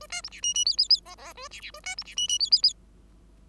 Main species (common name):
Bengalese Finch